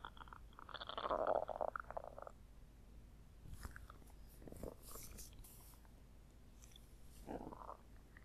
Tummy grumble.